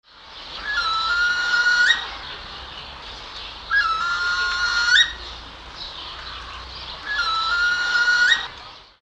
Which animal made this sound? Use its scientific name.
Surnia ulula